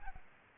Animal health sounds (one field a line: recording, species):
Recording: mosquito wingbeat signal from an infrared sensor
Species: Aedes albopictus